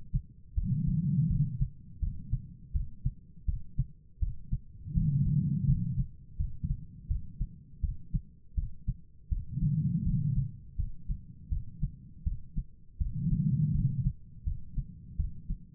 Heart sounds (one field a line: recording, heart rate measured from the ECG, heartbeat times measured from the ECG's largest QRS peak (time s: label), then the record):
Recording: heart sounds by stethoscope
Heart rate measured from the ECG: 82 bpm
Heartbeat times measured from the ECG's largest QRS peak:
0.55 s: heartbeat
1.28 s: heartbeat
2.00 s: heartbeat
2.73 s: heartbeat
3.46 s: heartbeat
4.20 s: heartbeat
4.94 s: heartbeat
5.66 s: heartbeat
6.37 s: heartbeat
7.08 s: heartbeat
7.81 s: heartbeat
8.55 s: heartbeat
9.29 s: heartbeat
10.04 s: heartbeat
10.76 s: heartbeat
11.49 s: heartbeat
12.24 s: heartbeat
12.98 s: heartbeat
13.72 s: heartbeat
14.44 s: heartbeat
15.17 s: heartbeat
From the record:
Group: healthy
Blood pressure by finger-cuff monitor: 106/74 mmHg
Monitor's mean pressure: 87 mmHg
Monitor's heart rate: 82 bpm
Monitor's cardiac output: 4.7 L/min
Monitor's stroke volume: 58 mL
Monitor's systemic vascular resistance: 1340 dyn s/cm5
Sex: female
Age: 51 years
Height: 162 cm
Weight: 70.04 kg